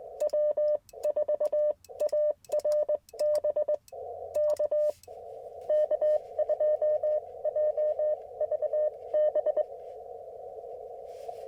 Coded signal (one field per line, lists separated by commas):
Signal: Morse code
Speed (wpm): 20 wpm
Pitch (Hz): 600 Hz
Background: none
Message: W4ARB K K2JVB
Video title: Morning Morse Code - 2/19/24